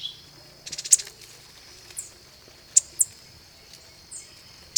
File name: saira de chapeu preto